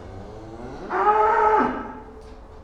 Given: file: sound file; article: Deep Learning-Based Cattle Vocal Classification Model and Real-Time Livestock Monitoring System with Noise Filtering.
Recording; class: cattle; food anticipating call